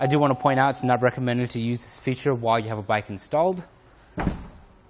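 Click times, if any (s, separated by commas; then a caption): 4.2 s. Someone talks, then the tilted mast of a Yakima RidgeBack hitch-mounted bike rack on a 2018 GMC Terrain is pushed back up. At 4.2 s there is a sharp latch click as the rack's tilt latch locks it into the upright position on the hitch mount.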